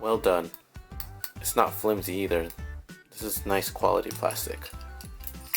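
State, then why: Not seated. A plastic toy sword from a Bandai 2016 Legacy Thunder Megazord figure is handled near its holder on the figure while someone talks, with a few light plastic taps and clinks. Nothing has seated or clicked into place yet.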